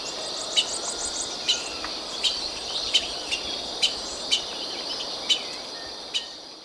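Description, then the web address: White-lined tanager call: short sharp chips at uneven intervals over a constant buzzing insect drone. Recorded in Ecuador. "Birds of Ecuador. White-lined Tanager"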